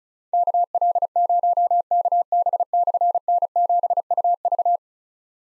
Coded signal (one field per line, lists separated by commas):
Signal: Morse code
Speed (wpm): 36 wpm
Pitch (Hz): 700 Hz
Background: none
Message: KL0KB/N7UV